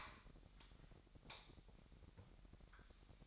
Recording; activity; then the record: daily activity, microphone in the room; light off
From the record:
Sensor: 3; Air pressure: 1011.9 hPa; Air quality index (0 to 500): 235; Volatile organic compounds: 5 ppm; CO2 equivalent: 1743 ppm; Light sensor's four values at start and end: 17/44/18/18 and 15/35/15/15